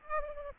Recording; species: mosquito wingbeat signal from an infrared sensor; Aedes aegypti